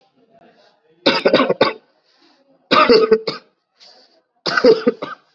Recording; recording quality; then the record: shallow voluntary cough; excellent, no background noise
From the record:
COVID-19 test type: RT-PCR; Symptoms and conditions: cough, sore throat, fever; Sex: male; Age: 20 years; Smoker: no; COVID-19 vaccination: both doses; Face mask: worn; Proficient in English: yes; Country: India